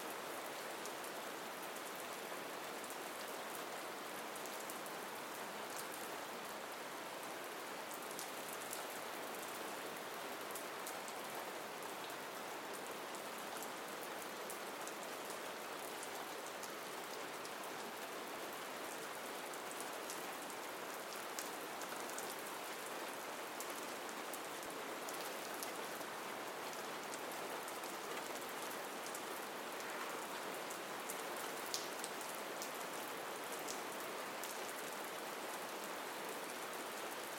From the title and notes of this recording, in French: La Mélodie Apaisante de la Pluie. Le rythme doux et régulier de la pluie. L'univers sonore de la pluie.